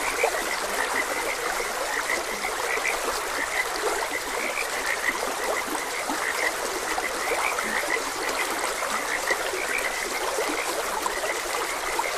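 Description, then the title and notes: Many frogs croak together in a thick, unbroken chorus of short pulsed notes, mixed with trickling stream water. Frogs croaking beside a gentle stream. "Gentle Stream and Frogs Croaking. Sleep and Relaxation Podcast"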